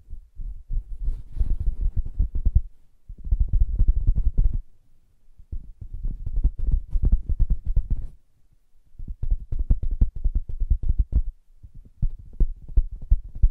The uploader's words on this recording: ASMR Soft Fabric Surface Tapping & Scratching (No Talking).